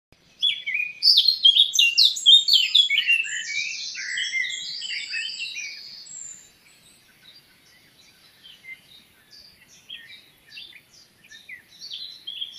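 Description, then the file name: Eurasian blackcap giving a lively, varied warbling phrase of quick high notes, trailing off into faint, scattered chips. "Sylvia atricapilla"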